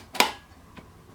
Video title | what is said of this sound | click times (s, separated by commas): Homtone Electric Grinder Demo - How to Use Dry & Wet Grinding Bowls + Timer Function | and you'll feel and hear the machine lock into place and make sure that that's locked into place. | 0.2 s